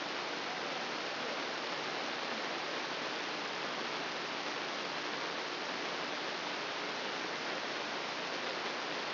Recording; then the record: brain microelectrode recording played as sound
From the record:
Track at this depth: inside the subthalamic nucleus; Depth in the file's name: 3.508 mm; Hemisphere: left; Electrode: 2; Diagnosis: Parkinson's disease